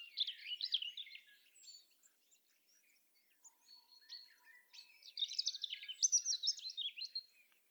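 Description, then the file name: European robin song with two phrases of rapid, high twittering and trills, split by a short quiet gap with faint thin notes. "Erithacus rubecula"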